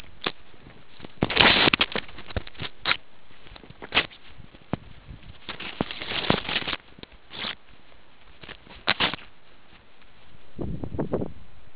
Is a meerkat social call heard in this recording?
no